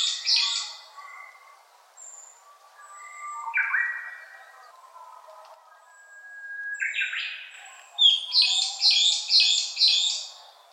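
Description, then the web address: Brown-eared bulbul calls: harsh descending notes midway, then a rapid series of piercing, screechy notes repeated about five times near the end. Recorded on 23 April 2014. "birdenaga hiyodori"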